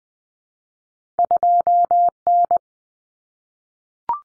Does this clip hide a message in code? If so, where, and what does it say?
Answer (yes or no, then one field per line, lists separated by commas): yes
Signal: Morse code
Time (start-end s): 1.2-2.6 s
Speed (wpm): 20 wpm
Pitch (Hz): 700 Hz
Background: none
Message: 2N